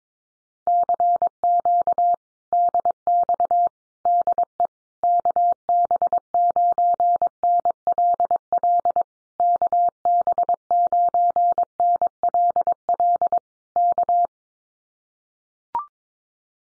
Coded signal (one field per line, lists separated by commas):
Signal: Morse code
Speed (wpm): 22 wpm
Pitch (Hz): 700 Hz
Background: none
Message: CQ DX DE KB9NLL KB9NLL K